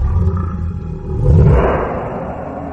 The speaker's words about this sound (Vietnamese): Hồng đồng tuyết sư thú gầm lên làm người ta phải run sợ, đồng thời lắc lư lao vào Đặng Thanh Sơn như luồng sấm sét, hóa thành một đạo tàn ảnh mơ hồ.